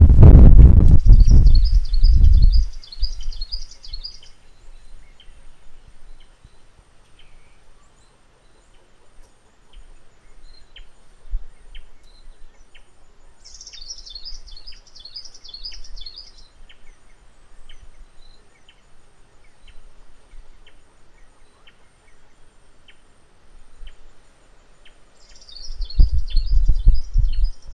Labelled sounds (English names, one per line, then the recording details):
Tiny Cisticola
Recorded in northern Uganda